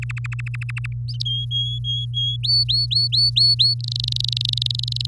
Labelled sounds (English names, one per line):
Domestic Canary song